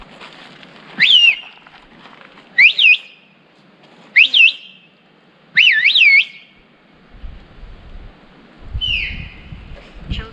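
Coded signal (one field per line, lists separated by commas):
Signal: whistled language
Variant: Turkish bird language (Kuş dili)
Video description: We heard about a mountain village called Kuşköy where people communicate in a very special way!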